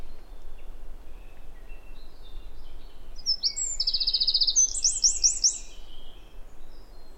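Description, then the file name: Eurasian wren song bursting in midway: a short, very high sequence of rapid trills and rolling notes over a steady low background hiss. "Troglodytes troglodytes"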